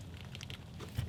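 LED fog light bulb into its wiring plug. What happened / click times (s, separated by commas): The bulb plug clicked into its connector / 0.4 s, 0.5 s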